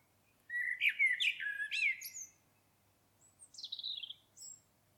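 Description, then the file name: Common blackbird song: a short fluty warbled phrase with rising notes, followed by a thin descending high squeak and a brief twitter. "Turdus merula"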